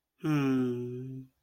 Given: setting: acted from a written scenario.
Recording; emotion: vocal sound without words; romantic love